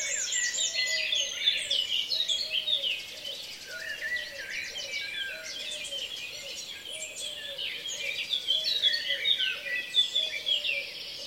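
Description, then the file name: Birds in a dawn chorus: busy high twittering and warbling over a low, hooting note repeated steadily throughout. "Reveil des oiseaux La Sonotheque"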